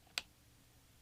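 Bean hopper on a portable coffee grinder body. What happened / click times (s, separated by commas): The hopper clicked open / 0.2 s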